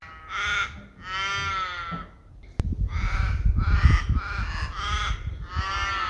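Raven giving hoarse, drawn-out croaking calls in a rough series, with a sharp click midway and low rumbling background noise.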